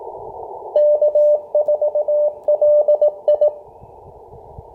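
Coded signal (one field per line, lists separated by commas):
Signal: Morse code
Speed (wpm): 18 wpm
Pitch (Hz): 600 Hz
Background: radio noise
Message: K4LI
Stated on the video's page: Georgia State Parks on the Air activation, 40 m CW segment of a POTA event.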